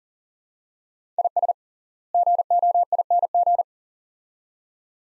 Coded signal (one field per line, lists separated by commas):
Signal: Morse code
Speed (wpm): 40 wpm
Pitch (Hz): 700 Hz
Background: none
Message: IS GOING